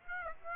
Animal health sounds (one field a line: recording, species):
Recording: mosquito wingbeat signal from an infrared sensor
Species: Aedes aegypti